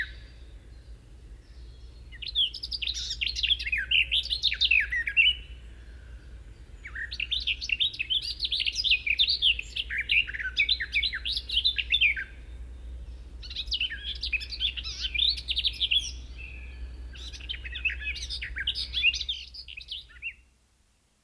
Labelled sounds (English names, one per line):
Garden Warbler song